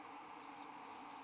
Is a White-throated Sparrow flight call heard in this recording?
no